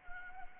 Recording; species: mosquito wingbeat signal from an infrared sensor; Anopheles arabiensis